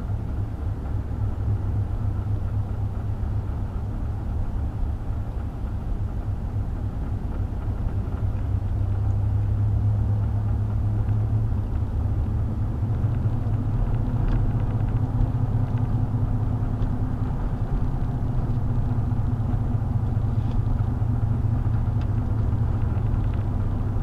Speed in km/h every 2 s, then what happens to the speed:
31, 31, 31, 31, 32, 34, 39, 42, 42, 40, 39, 40.
0-7 steady at about 31. 7-14 speeds up to 42. 14-24 steady at about 40.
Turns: none.